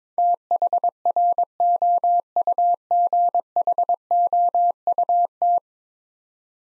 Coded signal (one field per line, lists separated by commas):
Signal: Morse code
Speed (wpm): 22 wpm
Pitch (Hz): 700 Hz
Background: none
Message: THROUGHOUT